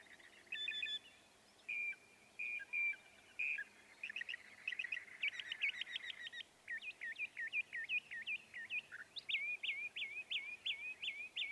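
Northern mockingbird song: varied whistled and chattering phrases, each repeated several times, ending with a series of repeated looping whistles.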